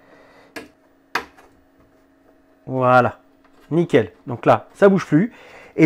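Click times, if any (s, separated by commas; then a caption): 0.6 s, 1.2 s. A 3D-printed PETG PTFE-tube protector with two small tabs is clipped onto both sides of the print head on a BambuLab X1 Carbon 3D printer. Two sharp clicks are heard at 0.6 s and 1.2 s over a low steady hum, then someone talks. The guard is seated and no longer moves.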